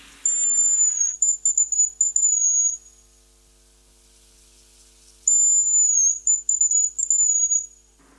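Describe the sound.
Hazel Grouse high-pitched calls, two thin whistled phrases near the top of hearing, each about two and a half seconds with slight wavering and a stuttering end, separated by silence.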